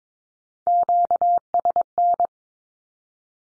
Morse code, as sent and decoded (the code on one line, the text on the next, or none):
--.- ... -.
QSN